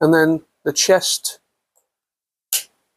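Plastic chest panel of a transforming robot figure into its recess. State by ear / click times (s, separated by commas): seated / 2.5 s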